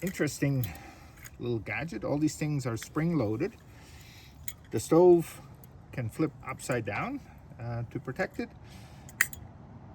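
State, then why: Seated. Someone talks while the spring-loaded top of a portable camping stove from a Dragonfly kit is flipped upside down into its protective position. A sharp click at 9.2 s marks the top snapping into place, fully seated.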